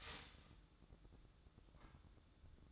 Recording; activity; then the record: daily activity, microphone in the room; start toaster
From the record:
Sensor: 3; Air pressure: 1007.1 hPa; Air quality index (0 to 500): 57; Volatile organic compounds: 1 ppm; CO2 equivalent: 601 ppm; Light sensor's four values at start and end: 9/22/9/9 and 9/22/9/9